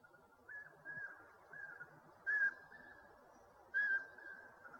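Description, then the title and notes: Owl giving soft whistled notes at a steady pitch, with two louder, sharper whistles about a second and a half apart over a low hiss. Part of a compilation of 69 call variants from 11 owl species. "Sovy - Eulen - Owls. 69 variant hlasů - 11 druhů sov"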